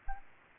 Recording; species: mosquito wingbeat signal from an infrared sensor; Aedes albopictus